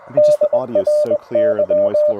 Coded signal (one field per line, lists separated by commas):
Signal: Morse code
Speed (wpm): 20 wpm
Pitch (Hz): 600 Hz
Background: speech, radio noise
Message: DRY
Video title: Lake Alma POTA with the TR-45L: Pre-Hamvention CW Activation with WD8RIF!